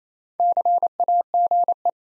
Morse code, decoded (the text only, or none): CAGE